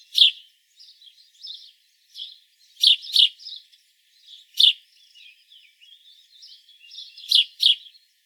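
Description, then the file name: House sparrow chirps, loud single and paired chirps spaced irregularly over quieter continuous twittering. "Passer domesticus"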